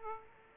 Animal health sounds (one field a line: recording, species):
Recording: mosquito wingbeat signal from an infrared sensor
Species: Aedes aegypti